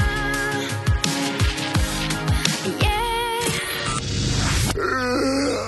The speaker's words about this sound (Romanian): Căscatul e contagios, băi.